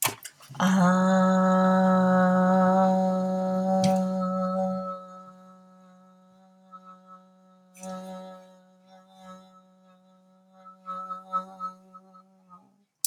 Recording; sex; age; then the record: vowel held as long as possible; female; 30 to 39 years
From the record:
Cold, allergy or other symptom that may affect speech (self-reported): no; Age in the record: 39 years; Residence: New Jersey, United States